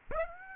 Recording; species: mosquito wingbeat signal from an infrared sensor; Aedes aegypti